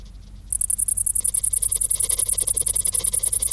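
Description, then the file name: Cricket chirps begin after half a second of quiet, then a fast run of shrill, high-pitched pulses continues to the end. "Grillen"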